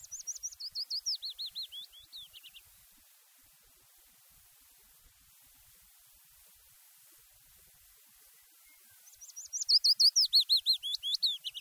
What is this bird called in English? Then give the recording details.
Willow Warbler. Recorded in the wild. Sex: male. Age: adult. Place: Erlangen, Bayern, DE. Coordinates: 49.6103, 10.9897. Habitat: heath. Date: 1967-05-10. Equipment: Vollspur, Original. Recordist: Tretzel, Erwin